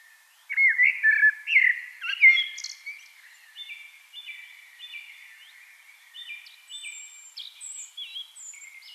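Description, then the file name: Eurasian blackbird song: an opening fluted warble with a sharp high flourish, followed by softer repeated level notes and thin high whistles. "Turdus merula"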